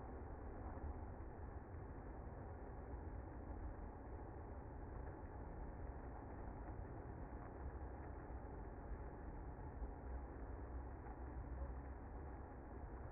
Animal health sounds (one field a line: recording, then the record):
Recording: honeybee colony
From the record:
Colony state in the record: active